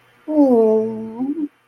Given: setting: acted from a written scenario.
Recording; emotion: vocal sound without words; embarrassment